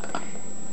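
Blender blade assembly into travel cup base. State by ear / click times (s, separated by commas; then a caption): seated / 0.0 s, 0.2 s. A rotary blade assembly taken off a blender is slid into the plastic bottom piece of a travel cup. A short click sounds at 0.0 seconds and a sharper, louder one at 0.2 seconds, over a steady background tone. The blade base locks into place in the cup bottom.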